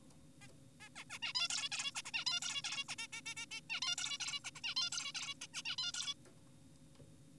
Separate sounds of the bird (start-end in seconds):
0.42-0.48, 0.80-0.89, 0.96-1.04, 1.10-1.19, 1.22-1.33, 1.35-1.48, 1.50-1.69, 1.72-1.92, 1.95-2.02, 2.05-2.11, 2.14-2.25, 2.26-2.40, 2.42-2.62, 2.64-2.84, 2.89-2.96, 2.99-3.08, 3.13-3.21, 3.26-3.34, 3.37-3.46, 3.51-3.60, 3.70-3.80, 3.82-3.96, 3.98-4.18, 4.20-4.40, 4.44-4.51, 4.56-4.61, 4.64-4.75, 4.76-4.90, 4.92-5.12, 5.15-5.34, 5.42-5.47, 5.54-5.62, 5.66-5.76, 5.78-5.92, 5.94-6.14